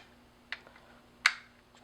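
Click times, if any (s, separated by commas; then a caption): 1.3 s. A Sony QX10 lens camera is set into its smartphone attachment mount and twisted until it locks. A softer tap at 0.5 s and faint ticks follow, then a sharp, bright click at 1.3 s as it seats in place. No one talks.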